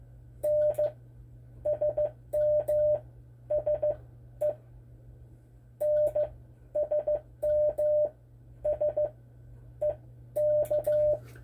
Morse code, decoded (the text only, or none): N SMSE NSMS EK